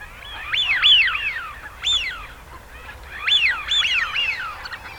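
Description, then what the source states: Eurasian wigeon whistles: clear rising-then-falling whistled notes in a few bursts. Male.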